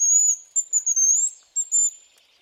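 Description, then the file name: Hazel grouse in a sequence of piercingly high, thin whistles: a long opening note, then short clipped notes and another drawn-out whistle. "haselhuhn"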